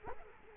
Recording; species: mosquito wingbeat signal from an infrared sensor; Culex quinquefasciatus